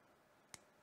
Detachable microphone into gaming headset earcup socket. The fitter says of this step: make sure it clicks in